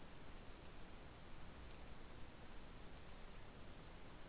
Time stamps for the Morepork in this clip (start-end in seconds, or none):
none